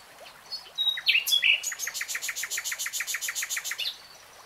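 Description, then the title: Nightingale song: a few sharp varied notes, then a long, rapid series of evenly spaced rattling notes. Singing, from a three-hour real-time recording. "[Tiếng chim hót] Nightingale Singing"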